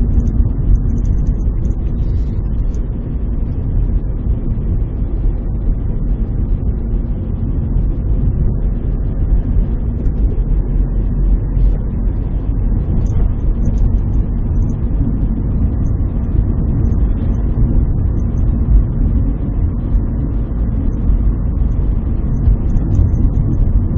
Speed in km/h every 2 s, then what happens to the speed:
44, 43, 43, 44, 45, 51, 55, 58, 59, 60, 61, 60.
0-8 steady at about 44. 8-13 speeds up to 58. 13-24 steady at about 60.